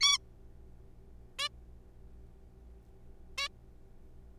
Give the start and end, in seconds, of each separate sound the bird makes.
0.01-0.18, 1.39-1.48, 3.38-3.48